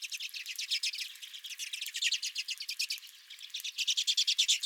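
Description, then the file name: Redpolls giving fast dry twittering calls, a steady stream of chips with a brief lull near three seconds before the chatter swells again. Redpolls at the recordist's own feeder. "Redpolls at My Feeder"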